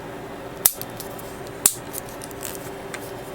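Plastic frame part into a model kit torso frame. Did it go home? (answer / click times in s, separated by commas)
yes / 0.7 s, 1.7 s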